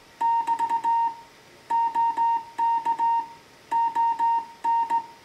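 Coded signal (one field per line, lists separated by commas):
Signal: Morse code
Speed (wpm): 17 wpm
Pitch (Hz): 920 Hz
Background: music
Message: <BT> OK ON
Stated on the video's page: Slow-speed CW contact sent with a straight key on a restored Heathkit HW-101 transceiver.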